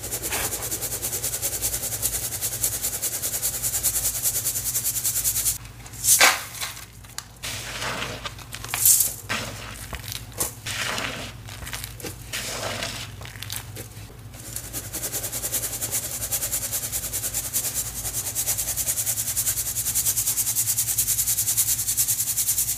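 Cornstarch crunchies crushed in a burst of sharp crackling snaps between about six and fourteen seconds, set against a steady hiss and low hum.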